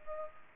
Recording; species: mosquito wingbeat signal from an infrared sensor; Culex pipiens